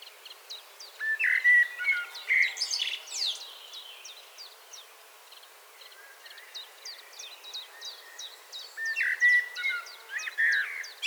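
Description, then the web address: Common blackbird song: two fluting warbled phrases with squeaky high endings, separated by a stretch of soft, evenly repeated chips. "SETE Turdus merula"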